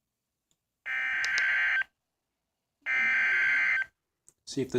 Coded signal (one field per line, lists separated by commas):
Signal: Emergency Alert System (SAME) tones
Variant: header bursts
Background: speech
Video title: Severe Thunderstorm Warning McLean IL (EAS 196 and 197)